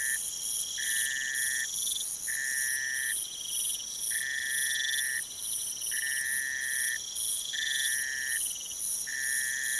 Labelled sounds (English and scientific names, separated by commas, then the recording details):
none
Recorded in pastures near Puerto Asís, Putumayo, Colombia, on 22 June 2025 at 05:00
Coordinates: 0.486, -76.323
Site H29